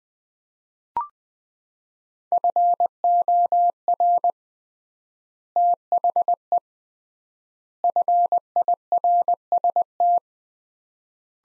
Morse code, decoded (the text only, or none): FOR THE FIRST